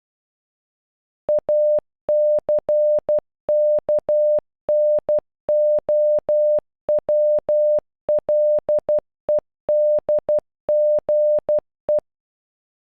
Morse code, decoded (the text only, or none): ACKNOWLEDGE